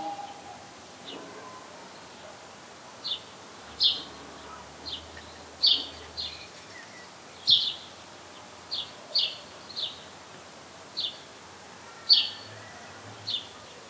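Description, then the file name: House sparrow calls: a series of short, bright chirps, some doubled, at irregular intervals over quiet background hiss. "Passer domesticus"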